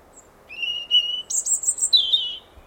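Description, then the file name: European robin song phrase: a thin steady whistle near mid-high pitch, then a jump to a very high warbling trill, ending in a lower slurred descending note. "Erithacus rubecula"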